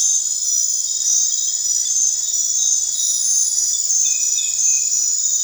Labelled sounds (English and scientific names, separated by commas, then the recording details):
none
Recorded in dense forest near Puerto Asís, Putumayo, Colombia, on 16 December 2024 at 21:00
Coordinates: 0.468, -76.322
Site G071